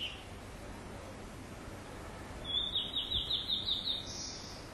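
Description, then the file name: Blue-and-white flycatcher song: a brief high note at the start, then a rapid trilled phrase of repeated whistled notes lasting about a second and a half, over low hiss. "ooruri"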